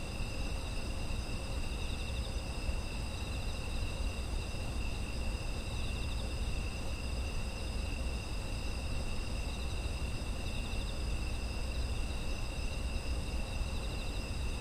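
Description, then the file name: Insects sing a constant layered chorus of high ringing trills, one softly throbbing, against steady low rumble. Autumn insect ambient sound. "秋の虫の環境音"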